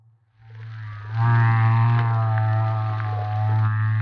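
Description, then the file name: Humpback whale song unit: a loud, sustained low moan with a rich harmonic stack, swelling after a second and holding steady to the end. Recorded off Maui. "Humpback Whale - Maui Whale One"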